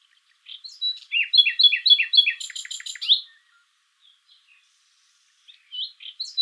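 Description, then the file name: Common nightingale song: a rich phrase of repeated chirping notes, then a rapid series of loud clicking pulses, followed by a pause and more notes. "Luscinia megarhynchos"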